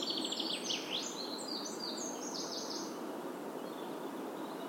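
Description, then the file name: Eurasian wren song of quick, high, twittering notes and short trills for about three seconds, fading into steady hiss. "Troglodytes troglodytes"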